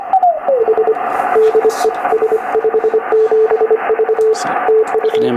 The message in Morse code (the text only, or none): H DE S57V TU